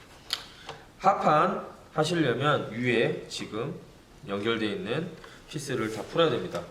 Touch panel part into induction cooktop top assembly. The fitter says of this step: 딱딱 소리가 나게끔 하셔야 되고